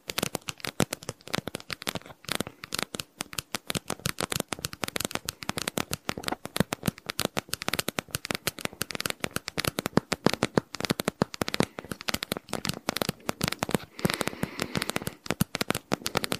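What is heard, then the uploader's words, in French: Blue beads rattle and clatter inside an insulated pouch, a dense, continuous stream of bright clicks with brief pauses throughout. Je te relaxe avec une poche thermique remplie de billes bleues ! Sons d'une poche thermique remplie de billes bleues.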